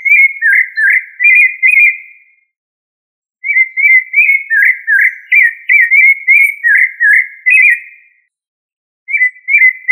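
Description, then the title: Thrush song: warbled, whistled phrases of quick varied notes, a short phrase and a longer one separated by pauses, then a new phrase beginning at the end. "Familia Turdidae - Sabia"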